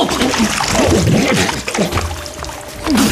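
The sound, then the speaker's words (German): Water splashes and pours in a continuous, noisy wash for a few seconds, with a voice speaking over it throughout. “Viel Wasser. Sehr viel Wasser.”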